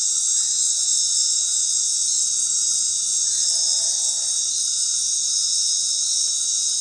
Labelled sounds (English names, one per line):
Great Potoo